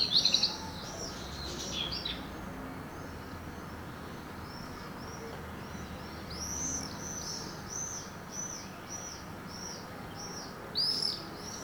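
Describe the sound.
Swift calls: a loud shrill burst opens, then a run of repeated high arched chirps mid-way, and another sharp scream near the end, over steady low noise.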